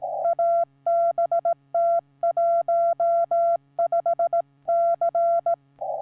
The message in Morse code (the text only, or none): ABT 15C